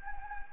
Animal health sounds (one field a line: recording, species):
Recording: mosquito wingbeat signal from an infrared sensor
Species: Anopheles gambiae